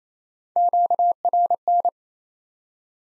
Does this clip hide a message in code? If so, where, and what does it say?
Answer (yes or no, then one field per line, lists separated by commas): yes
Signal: Morse code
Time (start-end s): 0.6-1.9 s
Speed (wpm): 28 wpm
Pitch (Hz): 700 Hz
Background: none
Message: QRN